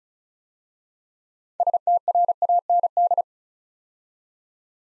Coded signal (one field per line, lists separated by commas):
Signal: Morse code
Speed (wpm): 36 wpm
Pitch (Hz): 700 Hz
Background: none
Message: STRAND